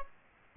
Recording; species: mosquito wingbeat signal from an infrared sensor; Aedes aegypti